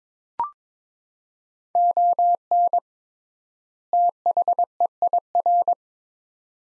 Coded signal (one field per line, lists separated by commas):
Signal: Morse code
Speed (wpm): 22 wpm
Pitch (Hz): 700 Hz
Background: none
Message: ON THEIR